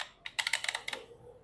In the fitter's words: So ayan na naka-lock na siya.